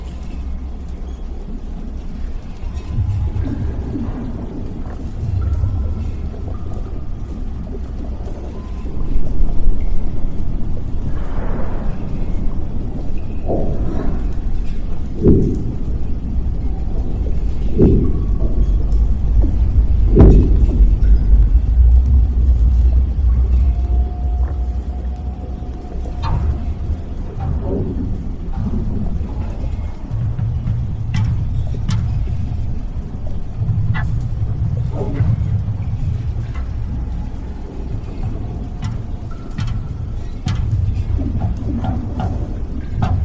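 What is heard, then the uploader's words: A damaged underwater lab ambience built on a heavy, steady low rumble that swells around nine seconds and eases after twenty-five. Scattered knocks, clanks and creaks punctuate it irregularly, with brief faint tones drifting through, like metal groaning under strain. Warning!! you are in the damaged underwater lab. Sci-fi ambience.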